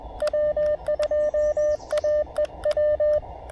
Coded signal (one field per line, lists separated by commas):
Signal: Morse code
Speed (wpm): 20 wpm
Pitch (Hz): 590 Hz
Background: radio noise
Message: W2AEW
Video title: On the Air Before the Downpour: Real-Time QRP POTA at Cap Tourmente!